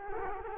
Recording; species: mosquito wingbeat signal from an infrared sensor; Culex quinquefasciatus